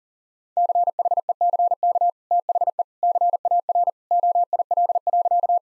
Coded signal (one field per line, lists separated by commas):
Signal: Morse code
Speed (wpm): 40 wpm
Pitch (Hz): 700 Hz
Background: none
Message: CHECK THE CAR OIL.